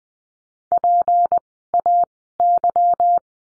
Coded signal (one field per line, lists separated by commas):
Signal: Morse code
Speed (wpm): 20 wpm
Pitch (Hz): 700 Hz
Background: none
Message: PAY